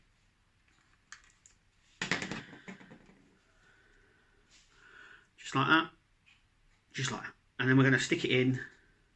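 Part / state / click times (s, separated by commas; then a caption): plastic kit part pressed into a plug socket on a scale model assembly / not seated / none. A plastic part of a scale model kit is handled over glued plugs, about to be pressed into a plug socket on the assembly, while someone talks. A few short, sharp handling taps are heard near 1.1 and 2.0 seconds. Nothing has seated or clicked yet.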